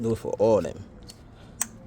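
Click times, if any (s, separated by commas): 1.6 s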